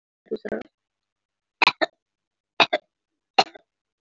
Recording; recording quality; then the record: shallow voluntary cough; moderate, slight background noise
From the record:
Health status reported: healthy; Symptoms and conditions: diabetes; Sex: female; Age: 46 years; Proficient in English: yes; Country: India